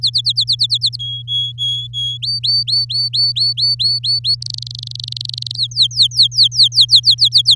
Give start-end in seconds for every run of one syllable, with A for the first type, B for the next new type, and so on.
0.02-0.97 A, 0.99-2.17 B, 2.22-4.35 C, 4.42-5.56 D, 5.57-7.55 E